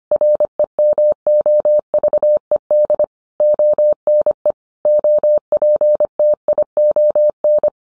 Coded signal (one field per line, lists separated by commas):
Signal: Morse code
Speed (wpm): 25 wpm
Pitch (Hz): 600 Hz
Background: none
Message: REMOVED ONE OPTION